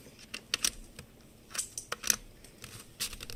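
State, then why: Not seated. Another attempt to push an internal cable connector into its socket on an Apple HomePod smart speaker board, giving a scattering of faint, bright plastic-like ticks and scrapes, loudest between about 0.3 and 2.1 seconds, over a quiet background. There is no snap sound or feel, and the connector has not seated or clicked into place.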